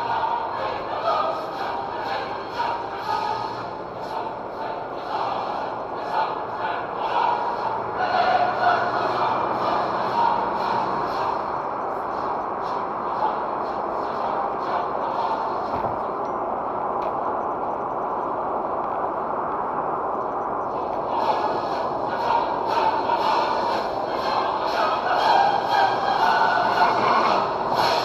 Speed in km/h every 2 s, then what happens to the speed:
76, 75, 75, 80, 88, 89, 87, 89, 87, 86, 85, 85, 87, 89.
4-9 speeds up to 89. 9-28 steady at about 87.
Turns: none.